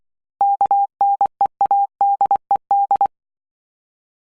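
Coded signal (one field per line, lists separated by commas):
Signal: Morse code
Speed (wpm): 24 wpm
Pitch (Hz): 800 Hz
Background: none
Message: KNEADED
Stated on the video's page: Morse code practice drill on letters D, K, G, O, H.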